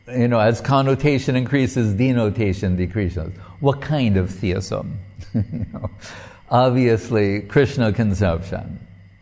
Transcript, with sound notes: you know, as connotation increases denotation decreases. What kind of Theism? [laughing] You know, obviously Kṛṣṇa conception.